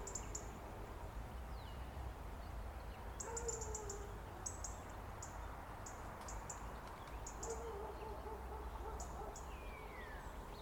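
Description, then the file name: European robin giving short, thin high call notes in small clusters, repeated several times over steady low rumbling background noise. "Erithacus rubecula"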